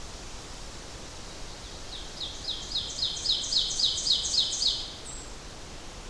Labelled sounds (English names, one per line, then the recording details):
Ovenbird song
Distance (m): 30 m
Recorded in boreal forest in Alberta, Canada, on 12 June 2016 at 06:11
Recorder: SongMeter 3, array SBT-3-18
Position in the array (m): 68 m, 308 m
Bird 32